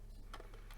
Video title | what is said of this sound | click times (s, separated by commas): Honeywell Glassbreak Detector Battery Replacement - by JTL Security | once you hear that click and the battery seems secure you're going to refold the latch clip it closed | 0.3 s